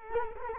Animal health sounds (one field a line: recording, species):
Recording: mosquito wingbeat signal from an infrared sensor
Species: Culex quinquefasciatus